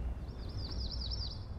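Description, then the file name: Yellow-rumped warbler giving a short run of about six quick, high, slurred notes in an even trill, over a low traffic rumble. Recorded on Park St, 15 May 2014. "YRWA Park St"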